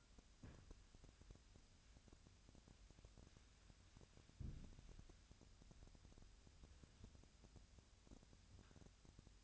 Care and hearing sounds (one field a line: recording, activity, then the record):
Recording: daily activity, microphone in the room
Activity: wipe stove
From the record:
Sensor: 2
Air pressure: 1006.9 hPa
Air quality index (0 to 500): 197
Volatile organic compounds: 13 ppm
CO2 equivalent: 2418 ppm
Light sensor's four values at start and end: 9/23/9/10 and 9/23/9/10